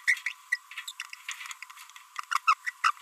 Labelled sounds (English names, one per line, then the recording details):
Green-rumped Parrotlet babbling
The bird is a female
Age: 28 days
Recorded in a nest box in Venezuela
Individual 17B42B2